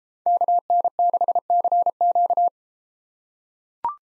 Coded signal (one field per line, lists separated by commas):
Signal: Morse code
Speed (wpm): 33 wpm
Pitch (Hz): 700 Hz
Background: none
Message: KN6CQ